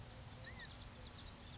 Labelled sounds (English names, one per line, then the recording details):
California Quail
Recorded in Sonoma County, California